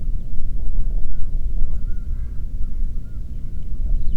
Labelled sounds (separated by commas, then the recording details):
bird, wind
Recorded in the Prudhoe Bay oil fields, Alaska, on 8 June 2019 at 04:46
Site 30